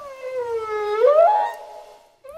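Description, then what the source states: Whale song, a long moaning tone that slides slowly downward, then swoops up and levels off, followed by a short rising note at the end. Whales singing to each other; recording from the Oceanic Project.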